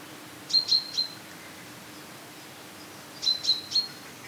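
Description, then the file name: Common chaffinch calls: two brief bursts of three sharp high notes, about three seconds apart, over quiet background hiss. "Fringilla coelebs"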